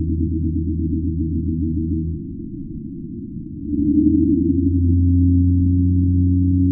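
Pygmy blue whale call: a low hum with a pulsing overtone breaks into a rougher quiet patch, then a strong, steady deep drone returns.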